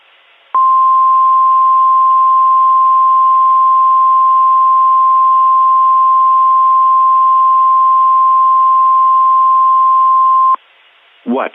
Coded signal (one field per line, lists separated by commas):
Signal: Emergency Alert System (SAME) tones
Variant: 1050 Hz attention tone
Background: speech